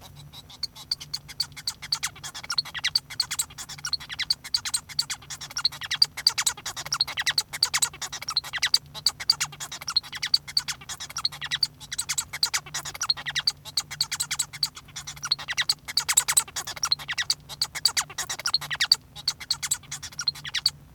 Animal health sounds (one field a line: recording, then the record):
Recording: song of a male Bengalese finch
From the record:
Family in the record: son of father 1